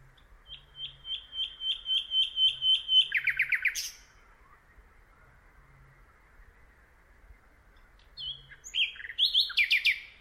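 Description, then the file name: Common nightingale song: a series of clear whistled notes swelling in loudness, then a rapid harsh rattling burst, a pause of several seconds, and a new rich, varied phrase. "Luscinia megarhynchos"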